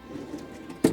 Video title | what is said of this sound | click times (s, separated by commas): Indie Campers - California Standard instructional video | and then you hear the click so the chair doesn't move, and then you'll need | 0.9 s